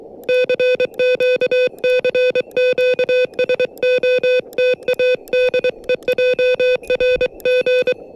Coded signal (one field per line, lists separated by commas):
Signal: Morse code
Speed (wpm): 23 wpm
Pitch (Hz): 500 Hz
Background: music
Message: CQ CQ SOTA DE JRG